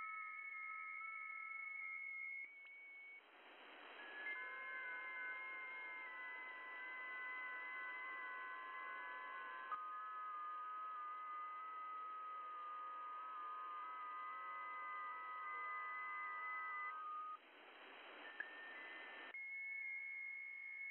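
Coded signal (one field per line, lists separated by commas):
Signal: FT8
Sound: several overlapping soft warbling tones stepping in pitch for about fifteen seconds, over hiss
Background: radio static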